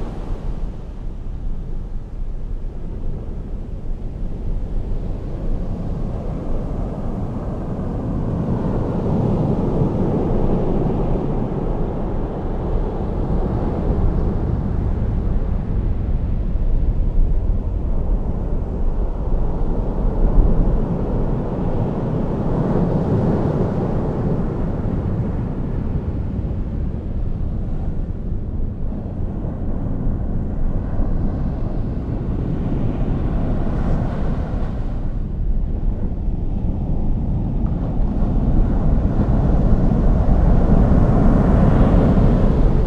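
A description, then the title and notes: Distant ocean surf forms a dense, steady roar weighted toward the low end, with no single wave standing apart. The wash swells and eases in slow, irregular surges every few seconds, and grows slightly louder and brighter over the final stretch. DISTANT OCEAN • A Natural Noise.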